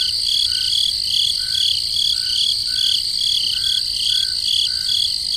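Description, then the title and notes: Crickets chirping steadily, high buzzing trills with rhythmic pulses and a lower chirp repeating at short intervals. Crickets in the forest at night. "Peaceful Cricket Sounds at Night - Calming Sounds of Nature. relaxing crickets in the forest at night. Sleep and Relaxation Podcast"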